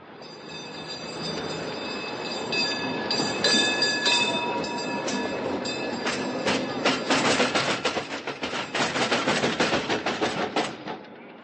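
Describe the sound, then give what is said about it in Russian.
A tram rolls along its rails with a steady rumble and thin, high metallic squeals, then a louder, rapid clatter of wheels over the track before the sound stops abruptly. “Когда Тараканов шел на службу, он чуть было не попал под трамвай, все никак не мог привыкнуть к левостороннему движению.”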